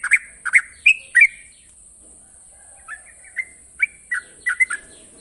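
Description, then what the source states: Yellow-vented Bulbul giving scattered bubbly chirps: a loud burst of notes, a brief pause, then softer spaced notes, with faint background hiss. Master training recording of the long rapid-trill singing style called ropel panjang.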